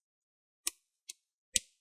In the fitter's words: twist it around just go around twist it gently and you want to hear those clicks